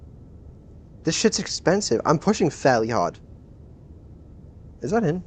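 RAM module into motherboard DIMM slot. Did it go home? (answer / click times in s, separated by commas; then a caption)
no / none. A RAM module is pushed fairly hard into a motherboard DIMM slot while someone talks from about 1.1 to 3.2 s and again near 5 s. No clip click is heard, and the stick fails to latch, so nothing has seated or clicked yet.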